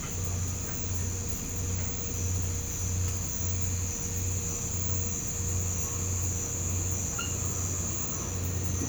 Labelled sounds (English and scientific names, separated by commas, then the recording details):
none
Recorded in pastures near Puerto Asís, Putumayo, Colombia, on 21 December 2024 at 04:30
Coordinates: 0.505, -76.324
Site G063